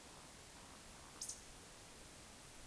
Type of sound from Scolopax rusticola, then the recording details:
whistle, croak. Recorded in Baden-Württemberg, Germany, on 20 May 2021 at 19:55 UTC. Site 24606, 635 m above sea level